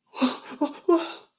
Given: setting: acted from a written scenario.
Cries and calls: vocal sound without words; distress

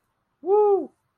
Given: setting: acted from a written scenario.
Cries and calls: vocal sound without words; triumph

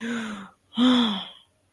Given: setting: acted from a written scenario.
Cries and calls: vocal sound without words; desire

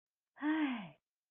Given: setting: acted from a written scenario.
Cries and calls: vocal sound without words; elation

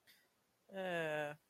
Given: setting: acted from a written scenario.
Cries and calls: vocal sound without words; sadness

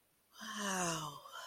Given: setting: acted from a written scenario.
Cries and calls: vocal sound without words; awe

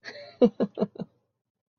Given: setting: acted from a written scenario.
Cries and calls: vocal sound without words; elation

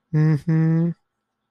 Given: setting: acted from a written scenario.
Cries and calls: vocal sound without words; sympathy

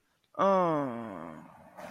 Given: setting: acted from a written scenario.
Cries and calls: vocal sound without words; ecstasy

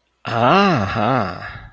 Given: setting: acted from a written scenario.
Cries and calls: vocal sound without words; pride

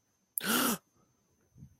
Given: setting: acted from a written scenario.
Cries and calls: vocal sound without words; awe

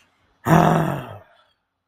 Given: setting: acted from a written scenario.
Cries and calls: vocal sound without words; ecstasy

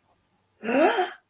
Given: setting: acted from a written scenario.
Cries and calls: vocal sound without words; negative surprise

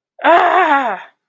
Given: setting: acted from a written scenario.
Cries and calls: vocal sound without words; pain

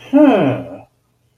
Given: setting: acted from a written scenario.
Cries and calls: vocal sound without words; realization

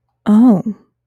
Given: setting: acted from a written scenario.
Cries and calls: vocal sound without words; realization

